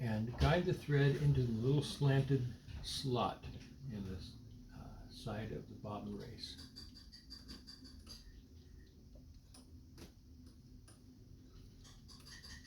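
Someone talks while a bobbin sits in the bottom race of a Singer 185J sewing machine and its thread is guided into the little slanted slot on the side of the race. Small handling taps follow at about 7.3, 7.7, 9.6 and 10.9 seconds. The bobbin has not been pushed home or clicked into place yet.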